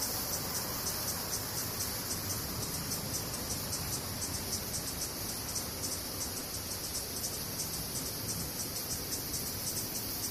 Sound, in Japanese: セミ